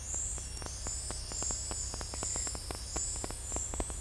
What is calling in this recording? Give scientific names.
none